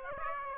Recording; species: mosquito wingbeat signal from an infrared sensor; Aedes aegypti